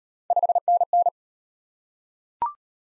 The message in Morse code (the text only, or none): 5NN